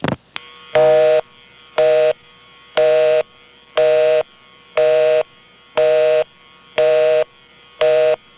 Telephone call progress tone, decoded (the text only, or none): busy tone